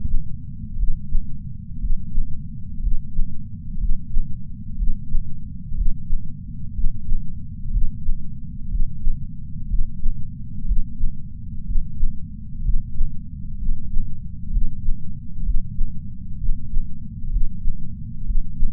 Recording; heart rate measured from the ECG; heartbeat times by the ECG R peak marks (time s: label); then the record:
heart sounds by patch sensor on the chest; 62 bpm
0.75 s: heartbeat
1.78 s: heartbeat
2.79 s: heartbeat
3.77 s: heartbeat
4.75 s: heartbeat
5.73 s: heartbeat
6.72 s: heartbeat
7.69 s: heartbeat
8.67 s: heartbeat
9.66 s: heartbeat
10.64 s: heartbeat
11.63 s: heartbeat
12.61 s: heartbeat
13.57 s: heartbeat
14.49 s: heartbeat
15.42 s: heartbeat
16.37 s: heartbeat
17.29 s: heartbeat
18.23 s: heartbeat
From the record:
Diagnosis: coronary artery disease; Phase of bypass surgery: preoperative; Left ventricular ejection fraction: 49.5%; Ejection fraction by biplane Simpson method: 47.8%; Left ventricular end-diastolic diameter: 60 mm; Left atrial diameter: 43 mm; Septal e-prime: 5 cm/s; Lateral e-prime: 6.6 cm/s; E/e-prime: 10.3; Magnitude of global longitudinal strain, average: 15.5%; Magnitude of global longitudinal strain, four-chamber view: 15.2%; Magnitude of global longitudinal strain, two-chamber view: 16.5%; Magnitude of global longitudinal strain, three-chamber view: 14.7%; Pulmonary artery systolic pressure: 27 mmHg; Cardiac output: 5.6 L/min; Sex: male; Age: 57 years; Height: 175 cm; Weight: 71 kg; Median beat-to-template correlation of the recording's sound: 0.89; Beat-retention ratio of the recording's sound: 0.99